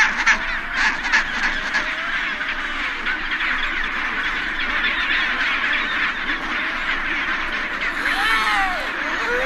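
Chinstrap penguins calling in a dense colony chorus, a constant harsh braying din, with a few clearer rising and falling calls near the end.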